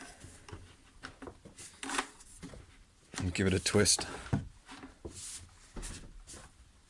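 A plastic vacuum tube is twisted and lined up so the arrows match on a STIHL SH 86 / BG 86 leaf vacuum shredder, ready to be slid over and locked. Someone talks over soft plastic handling, rubbing and light knocks. Nothing has clicked into place yet.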